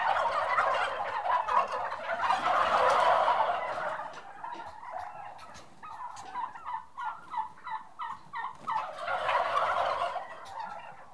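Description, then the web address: Turkeys gobble in loud, bubbling bursts, then a rattle of clipped gobble notes, before another rolling chorus. Several six-month-old turkeys, kept as livestock. "The BBC Sound Effects Library. Turkeys 6 Months Old"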